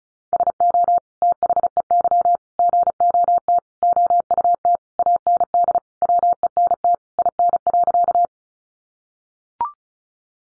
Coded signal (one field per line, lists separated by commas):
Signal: Morse code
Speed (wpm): 34 wpm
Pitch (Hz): 700 Hz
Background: none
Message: SO THEY GOT OUT AND WENT IN.